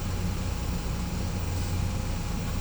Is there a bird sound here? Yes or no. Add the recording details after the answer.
no. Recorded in pastures near Puerto Asís, Putumayo, Colombia, on 16 December 2024 at 10:30. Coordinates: 0.505, -76.324. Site G063